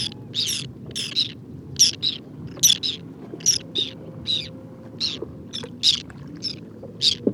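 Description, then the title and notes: Whiskered tern contact calls, a busy stream of harsh rasping notes, more than one per second, with low hum underneath. Wintering flock of over two to three hundred birds picking insects from the water surface on a shallow lake with water lilies and lotus, Cambodia, 13 December 2018, 16:30; characteristic electric contact calls. "Observation sonore - Guifettes en hivernage - Cambodge. 13 décembre 2018-16h30. lac peu profond couvert de nénuphars et de lotus. Guifettes moustac (Chlidonias hybridus). Cris électriques de contact très caractéristiques"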